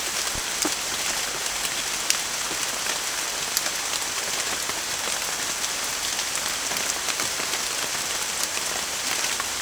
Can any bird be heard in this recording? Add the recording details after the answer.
no. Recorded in secondary vegetation near Puerto Asís, Putumayo, Colombia, on 27 June 2025. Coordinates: 0.488, -76.319. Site G094